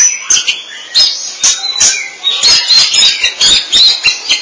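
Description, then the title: Oriental magpie-robin singing a dense run of high, sharp notes mixed with thin whistles, bursts following one another with barely a break. "Suara Kicauan Burung Kacer"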